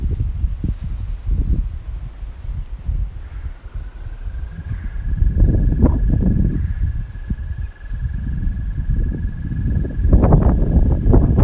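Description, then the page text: American toad trilling, one long steady musical trill starting after a few seconds and held to the end, over heavy low rumbling noise. Maryland, USA. "Maryland Biodiversity. American Toad ( Anaxyrus americanus )"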